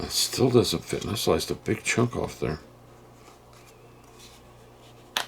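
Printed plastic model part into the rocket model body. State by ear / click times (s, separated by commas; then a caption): seated / 5.2 s. Someone talks for the first two and a half seconds, then it goes quiet. A 3D-printed plastic Starship scale-model part, trimmed to fit, is pressed into its mating part on the rocket model body and snaps into place with one sharp click at 5.2 s.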